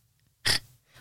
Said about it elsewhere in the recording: You had a really cute little snore last night.